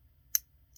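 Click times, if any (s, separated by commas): 0.3 s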